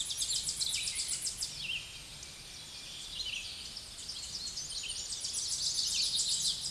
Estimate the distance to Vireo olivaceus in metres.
about 25 m